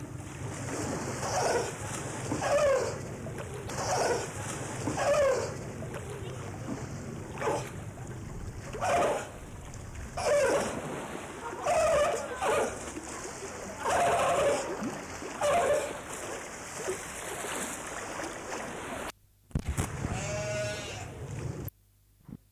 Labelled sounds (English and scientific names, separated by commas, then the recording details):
Brown Fur Seal (Arctocephalus pusillus) call
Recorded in captivity
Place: Zoo Berlin, Berlin, DE
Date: 2004-12-30 15:20
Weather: cloudy, 2°C
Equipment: Sony WM-D6C, Sennheiser ME 80, Kopie Uher 4000 Report Monitor
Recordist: Tembrock, Günter
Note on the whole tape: Australischer Seebär (A.p.pusillus): Laute bei der Fütterung und dabei (Lautfolgen)